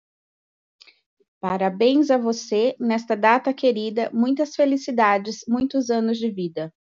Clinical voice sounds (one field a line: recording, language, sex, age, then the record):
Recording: short text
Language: Brazilian Portuguese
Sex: female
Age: 40 to 49 years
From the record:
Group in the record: control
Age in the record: 48 years